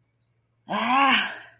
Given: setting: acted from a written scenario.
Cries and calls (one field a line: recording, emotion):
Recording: vocal sound without words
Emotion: shame